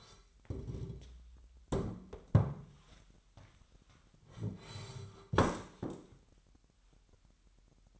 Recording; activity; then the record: daily activity, microphone in the room; sit down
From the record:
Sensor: 3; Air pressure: 998.5 hPa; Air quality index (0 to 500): 130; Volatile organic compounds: 4 ppm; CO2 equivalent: 1553 ppm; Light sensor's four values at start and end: 13/27/12/14 and 9/21/9/9